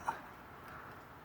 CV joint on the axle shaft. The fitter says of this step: You'll know when it's in cuz it snaps